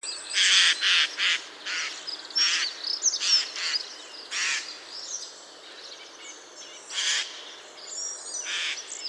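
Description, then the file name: Eurasian jay producing a string of short, hoarse, noisy screeches, clustered early then spaced out, with soft high chirps of other birds in the background. "Garrulus glandarius"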